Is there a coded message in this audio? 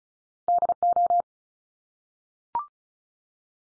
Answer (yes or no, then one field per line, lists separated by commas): yes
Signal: Morse code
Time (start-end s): 0.5-1.2 s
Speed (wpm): 34 wpm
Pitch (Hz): 700 Hz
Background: none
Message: DO